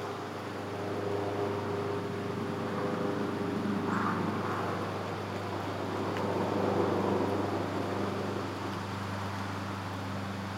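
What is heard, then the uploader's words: A steady outdoor wash with a low, constant hum underneath and the rushing of passing cars swelling gently around 1 and again near 7 seconds. A soft, short rustle stands out near 4 seconds, and the overall level stays fairly even throughout. Lively Day by a Cabin in the Woods (Manistee Airbnb).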